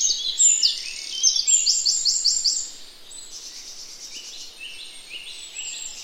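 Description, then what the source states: Birdsong: a rapid series of high chirped notes in the first half, followed by quieter scattered high twitters and whistles. Woodland.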